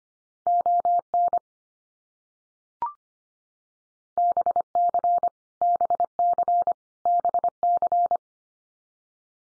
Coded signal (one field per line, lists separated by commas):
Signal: Morse code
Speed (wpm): 25 wpm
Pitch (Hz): 700 Hz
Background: none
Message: ON BC BC BC